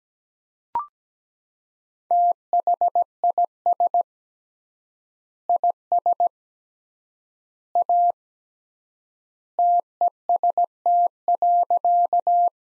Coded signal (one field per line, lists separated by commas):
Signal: Morse code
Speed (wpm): 17 wpm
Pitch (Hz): 700 Hz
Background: none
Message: THIS IS A TEST.